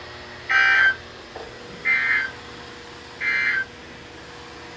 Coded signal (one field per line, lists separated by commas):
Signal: Emergency Alert System (SAME) tones